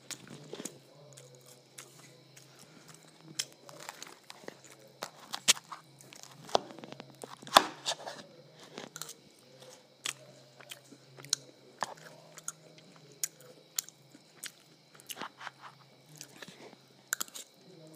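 Someone eats ice cream and waffles, with sharp crunchy bites and soft chewing clicks scattered irregularly through the whole clip. The loudest crunch comes around the eighth second. A low steady hum runs underneath throughout.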